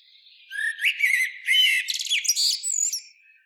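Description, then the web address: Common blackbird singing one phrase of mellow whistled notes that climbs into a rapid, shrill, chattering flourish at the end. "SETE data Turdus merula"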